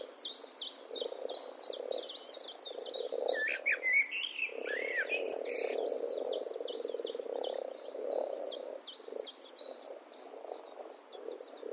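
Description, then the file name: Eurasian blackbird: long series of sharp, clipped chink notes, briefly broken by a couple of arching whistles, over a steady low croaking chorus. "Turdus merula"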